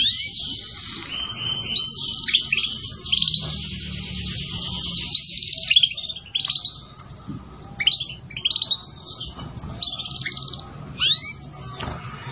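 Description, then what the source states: Canary singing rich rolling trills and rising slurred notes in quick succession, with brief pauses between phrases. Recording used as a bird lure.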